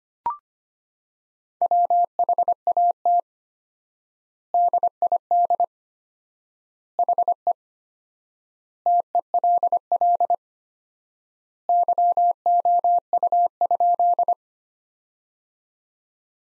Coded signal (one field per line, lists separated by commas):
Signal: Morse code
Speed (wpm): 25 wpm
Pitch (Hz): 700 Hz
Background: none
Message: WHAT DID HE TELL YOU?